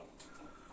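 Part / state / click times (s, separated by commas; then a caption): whisk/attachment part onto mixer drive / seated / 0.2 s. A whisk attachment on a Bosch MUM5 kitchen machine is held from below and pushed upward onto the mixer's drive shaft. It snaps into place with a short, sharp click at 0.2 s over a steady low background hum, leaving the whisk seated and secure.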